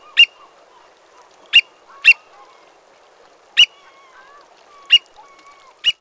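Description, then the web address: Black oystercatcher giving six sharp, high calls at irregular intervals. "Peterson North American Birds"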